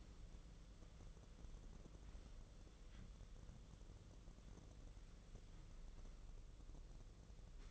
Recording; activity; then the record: daily activity, microphone in the room; wipe stove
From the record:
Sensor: 4